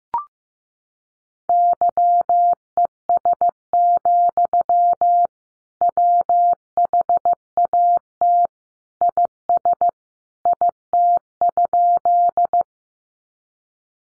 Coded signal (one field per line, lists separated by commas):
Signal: Morse code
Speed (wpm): 15 wpm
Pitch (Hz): 700 Hz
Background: none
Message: YES, WHAT IS IT?